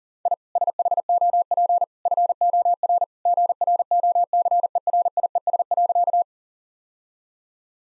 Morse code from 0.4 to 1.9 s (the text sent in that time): SHOP